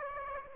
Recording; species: mosquito wingbeat signal from an infrared sensor; Aedes aegypti